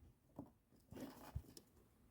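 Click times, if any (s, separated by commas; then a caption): none. A new plastic A/C fan relay module for a 1999–2004 Jeep Grand Cherokee 4.7 V8 is pushed into its mounting socket in the engine bay, giving soft rustling, a low thump and brief plastic taps near 0.4 s and 1.6 s. Nothing has seated or clicked yet; the relay module fails to click in.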